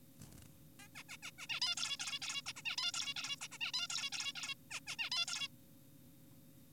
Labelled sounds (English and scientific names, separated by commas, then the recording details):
Zebra Finch (Taeniopygia guttata)
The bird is an adult
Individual g4p5U